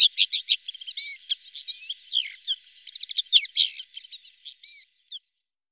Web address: IVN Zangvogels. Grauwe klauwier